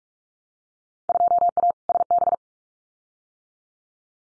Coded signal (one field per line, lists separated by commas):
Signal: Morse code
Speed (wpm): 46 wpm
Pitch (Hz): 700 Hz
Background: none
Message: 2A SB